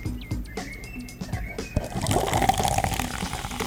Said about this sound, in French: c'est assez versé, David. Il veut vider la canette, je pense.